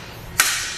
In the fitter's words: it will snap into place letting you know it's nice and secure